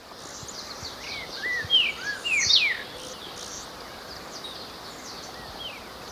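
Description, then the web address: Streaked saltator song: a short burst of clear, sweet whistled notes, several slurring downward, over about two seconds amid a soft background hiss. In Ecuador. "Birds of Ecuador Streaked Saltator"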